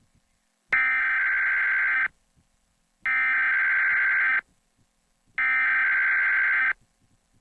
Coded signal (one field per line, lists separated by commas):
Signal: Emergency Alert System (SAME) tones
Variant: header bursts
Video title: KATU Emergency Alert System Test (December 7, 1998)